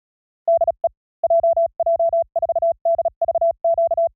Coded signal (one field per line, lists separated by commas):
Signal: Morse code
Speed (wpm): 36 wpm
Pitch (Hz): 670 Hz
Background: none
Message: DE JJ4DVQ